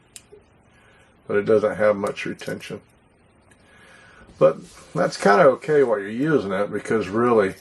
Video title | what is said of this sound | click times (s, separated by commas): TITANER FALCON Scalpel Knife | okay it does SNAP you hear it | 0.2 s